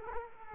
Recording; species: mosquito wingbeat signal from an infrared sensor; Culex quinquefasciatus